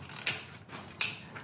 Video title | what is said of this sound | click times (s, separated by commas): How to Replace Valve Cover Gasket 98-02 Toyota Corolla/Prizm 1.8L 1ZZ-FE Matrix Vibe Celica | Listen for the click, and then we're done. | 0.3 s, 1.0 s